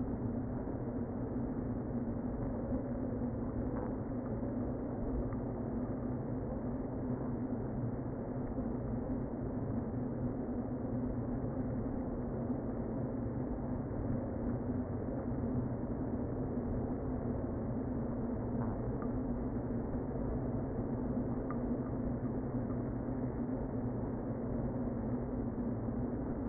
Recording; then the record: honeybee colony, microphone inside the hive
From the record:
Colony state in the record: queen present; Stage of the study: before two queens were removed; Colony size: about 60,000 bees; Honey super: yes